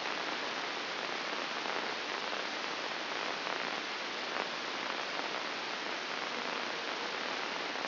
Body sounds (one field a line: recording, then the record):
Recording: brain microelectrode recording played as sound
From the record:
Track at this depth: outside the subthalamic nucleus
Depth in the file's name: 7.46 mm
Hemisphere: left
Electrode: 2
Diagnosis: Parkinson's disease